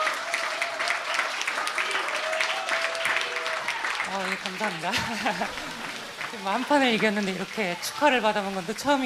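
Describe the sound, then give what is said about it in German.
Steady, dense applause at a 2016 press conference for the Go world champion after he won game 4 against a computer program fills the opening seconds; partway through, a voice begins speaking as the clapping continues underneath and gradually thins. “Ich habe, obwohl ich das Turnier verloren habe, noch nie so viel Applaus geerntet.”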